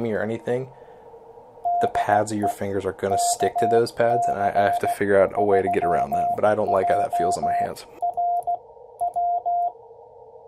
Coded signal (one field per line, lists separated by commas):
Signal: Morse code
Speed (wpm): 16 wpm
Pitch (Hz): 700 Hz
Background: speech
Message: DE KC3JRW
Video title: Building the VK3IL Pressure Paddle for Amateur Radio use with CW Morse Code